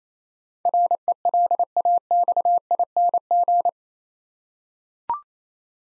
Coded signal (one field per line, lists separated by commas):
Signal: Morse code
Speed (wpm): 28 wpm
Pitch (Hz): 700 Hz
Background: none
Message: RELAXING